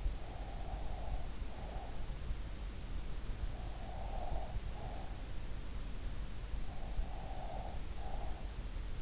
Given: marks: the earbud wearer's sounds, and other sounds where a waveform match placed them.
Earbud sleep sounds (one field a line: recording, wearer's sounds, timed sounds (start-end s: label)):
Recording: sounds in sleep by an in-ear microphone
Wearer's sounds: breath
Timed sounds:
0.00-2.48 s: breath
3.52-5.60 s: breath
6.73-8.97 s: breath